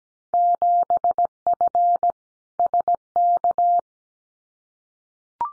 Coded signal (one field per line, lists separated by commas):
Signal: Morse code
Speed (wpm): 17 wpm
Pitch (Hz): 700 Hz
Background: none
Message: 7F SK